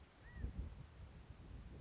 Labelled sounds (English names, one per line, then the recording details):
California Quail
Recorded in Sonoma County, California